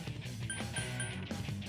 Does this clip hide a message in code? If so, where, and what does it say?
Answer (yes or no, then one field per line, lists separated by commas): no